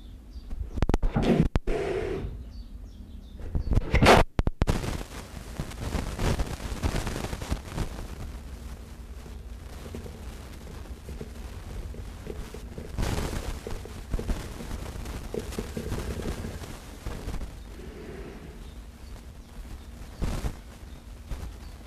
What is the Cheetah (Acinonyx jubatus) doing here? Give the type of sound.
hissing